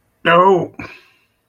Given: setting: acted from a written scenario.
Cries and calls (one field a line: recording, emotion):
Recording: vocal sound without words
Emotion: disappointment